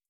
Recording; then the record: hydrophone in a shrimp aquaculture tank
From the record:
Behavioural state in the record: starved